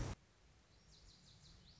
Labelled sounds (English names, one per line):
Lazuli Bunting